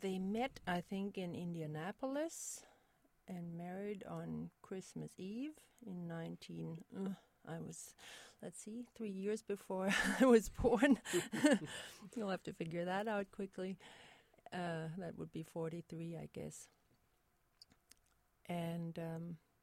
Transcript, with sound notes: They met I think in Indianapolis and married on Christmas Eve in 19-- I would, let's see, three years before I was born. (laughter) You'll have to figure that out quickly. That would be '43 I guess. And--